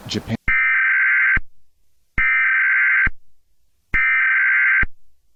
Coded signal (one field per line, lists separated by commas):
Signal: Emergency Alert System (SAME) tones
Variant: header bursts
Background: speech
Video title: (PRETTY BAD) EAS scenario #001 (Pt.1) Halloween is the worst day ever